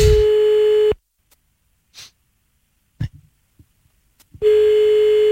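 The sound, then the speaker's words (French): A loud, steady telephone busy tone from a call placed on air sounds for about a second, cuts out, and returns after a pause. A few faint clicks and soft breathy noises fill the gap. “On vient de l'appeler aux antennes, celui-là il décrochait, c'est un truc de ouf.”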